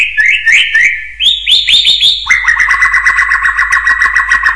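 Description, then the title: Bird song: quick, rising chirps at first, then a fast, even rattle of repeated notes at a lower pitch that carries to the end. "burung online"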